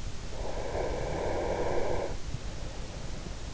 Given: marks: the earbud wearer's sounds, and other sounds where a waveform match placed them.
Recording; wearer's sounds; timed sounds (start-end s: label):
sounds in sleep by an in-ear microphone; breath
0.48-3.01 s: breath